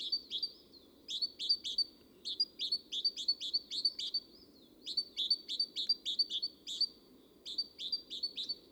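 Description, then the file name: Great tit pouring out fast, ringing two-note phrases in several bursts with brief pauses between them, over a low steady drone. "Parus major"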